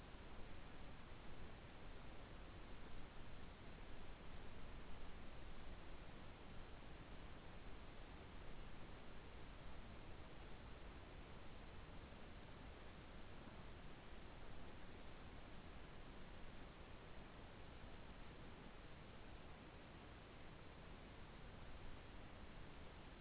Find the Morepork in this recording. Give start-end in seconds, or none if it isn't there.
none